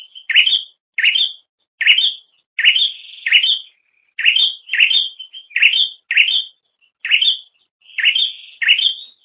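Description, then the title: Bird chirping: short bright chirps that sweep up into a brief steady note, repeated in quick succession throughout without other sounds. "kikicau"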